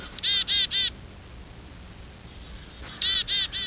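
Bird calling in two bursts of a few chirps, one group at the start and another near the end, over a steady background hiss.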